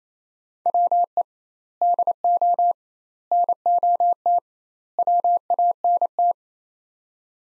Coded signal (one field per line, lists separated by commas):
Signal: Morse code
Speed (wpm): 28 wpm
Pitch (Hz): 700 Hz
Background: none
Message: WE DO NOT WANT